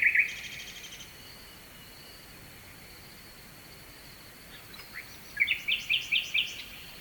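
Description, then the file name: Nightingale song fragment: a brief buzzy trill at the start, near silence over a steady hiss, then a series of sharp repeated chirps. Night song, recorded at Kovachevitsa, Bulgaria, with a distant stream. "Noshten slavej i dalechen potok (s Kovachevica)"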